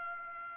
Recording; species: mosquito wingbeat signal from an infrared sensor; Aedes aegypti